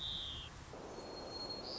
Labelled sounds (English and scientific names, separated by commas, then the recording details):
White-crowned Sparrow (Zonotrichia leucophrys)
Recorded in Sonoma County, California